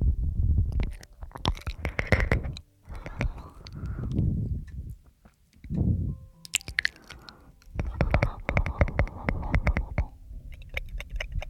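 Mouth sounds come in short bursts of wet clicks, smacks and soft low gurgles, separated by brief silences. The clicking is dense and irregular, with sharper crackly runs around six to seven seconds and again after eight seconds, then tapering near the end.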